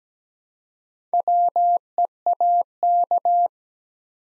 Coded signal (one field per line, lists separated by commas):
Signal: Morse code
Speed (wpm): 17 wpm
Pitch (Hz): 700 Hz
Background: none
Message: WEAK